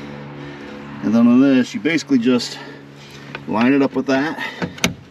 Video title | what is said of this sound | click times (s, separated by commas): LEER HF650m Quad-Folding, Low Profile Tonneau Cover review for 2015 up F150 | locks into place there's another one on the other end | 4.8 s